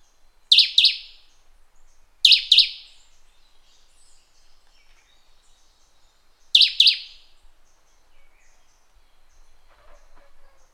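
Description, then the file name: Bird giving sharp, high, downslurred chirps in pairs, three pairs spread throughout, otherwise quiet. "SABIOD 50 bird 2015"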